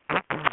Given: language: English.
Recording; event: throat vibration sensor signal played as sound; throat clearing